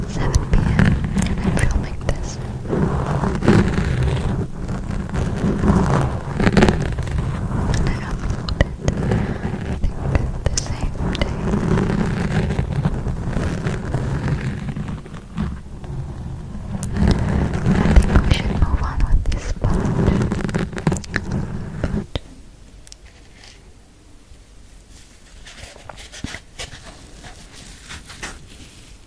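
Close, dense scratching and rubbing on a microphone with rapid clicky strokes, loud for about twenty-two seconds before dropping to quieter, sparser taps.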